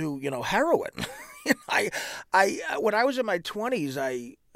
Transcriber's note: soundbite of laughter